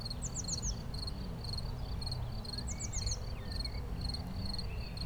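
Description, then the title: Cricket chirping, short pulsed chirps repeated steadily several times a second, with a few thin descending bird-like whistles and a low background rumble. A single cricket, among the season's first crickets, which have been calling intermittently for a few days; recorded in Chindrieux, France. "Chindrieux, France - grillon seul"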